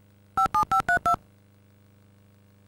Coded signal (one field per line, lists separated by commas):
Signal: DTMF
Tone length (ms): 110 ms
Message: 57532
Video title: Dial Tone: (Nick Of Time) (CIC Video)